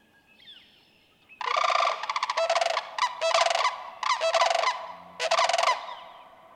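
Sandhill crane calling in a run of loud rattling bugles, several bursts close together, with faint background bird notes before the calls start.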